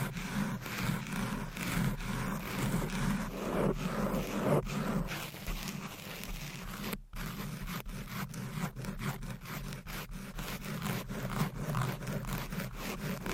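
Fast, aggressive scratching of nails and covers across a microphone, a dense, rough rasping that runs nearly continuously with a strong low rumble underneath. Sharp clicks punctuate it often, and a brief dead-silent gap cuts in around seven seconds.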